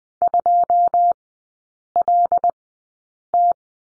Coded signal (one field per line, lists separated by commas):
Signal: Morse code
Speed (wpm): 20 wpm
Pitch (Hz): 700 Hz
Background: none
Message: 2LT